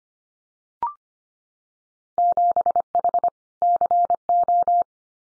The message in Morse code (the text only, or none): 7H CO